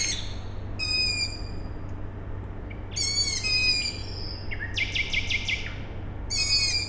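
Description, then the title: Owl chicks giving repeated harsh harmonic calls, another bird inserting a fast buzzy trill and whistles, steady low industrial rumble in the background. Owl chicks calling at night, Tuesday 21 May 2019, Siemianowice Śląskie, Poland; industrial plant audible in background; recorded with Zoom H5 and Audio-Technica BP4025. "Siemianowice Śląskie, Polska - Owl chicks"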